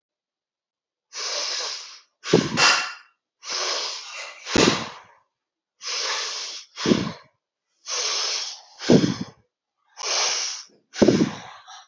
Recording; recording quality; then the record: deep breathing; excellent, no background noise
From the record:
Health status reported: healthy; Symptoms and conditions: none ticked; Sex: female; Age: 25 years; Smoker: not ticked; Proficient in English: yes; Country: India